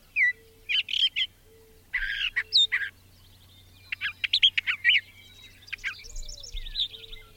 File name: suara-kicauan-brown-thraser 3-omkicau